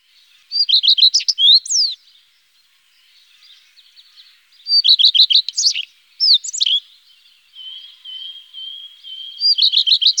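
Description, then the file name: Common redstart song in several phrases, each a quick series of repeated high notes ending in twisting, scratchy flourishes; a thin steady whistle and faint chirps fill the gaps. "Gartenrotschwanz"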